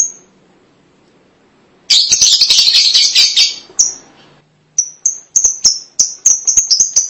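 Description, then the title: Lovebird calls: a long harsh chattering burst, then a string of short high shrill chirps repeated rapidly. "BM Suara Burung Lovebird"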